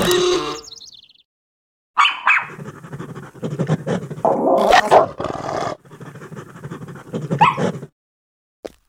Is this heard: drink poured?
no